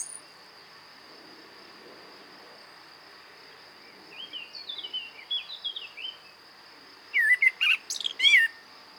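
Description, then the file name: Common blackbird song: soft, quiet warbling in the middle, then a louder phrase of fluted whistles and high squeaky twitters at the end, with an unbroken insect drone behind. "Turdus merula"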